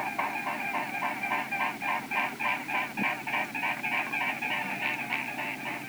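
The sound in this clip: Bird giving nasal honking calls in a fast, steady rhythm, about three or four per second.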